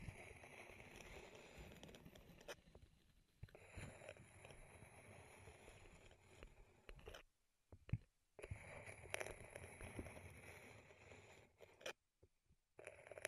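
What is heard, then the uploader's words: Wood triggers: tapping, scraping and rubbing on wood, busy and uneven, with brief silent gaps near eight and twelve seconds. ASMR Wood Triggers in Your Ears (No Talking).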